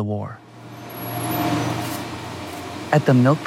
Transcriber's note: soundbite of factory ambience